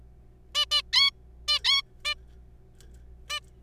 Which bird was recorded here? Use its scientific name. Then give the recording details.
Taeniopygia guttata. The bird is a juvenile. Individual R3428